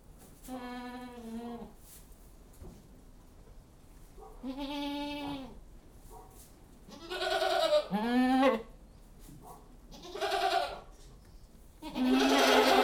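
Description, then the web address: Goats bleating: five wavering, nasal calls of varied pitch at irregular intervals, some loud and harsh. Livestock in a goat house. "The BBC Sound Effects Library. Goat House"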